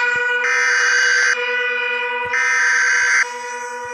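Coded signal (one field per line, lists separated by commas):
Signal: Emergency Alert System (SAME) tones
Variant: header bursts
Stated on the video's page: Fictional EAS scenario about runaway trains.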